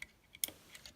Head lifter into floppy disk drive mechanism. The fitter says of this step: slide it back until it clicks.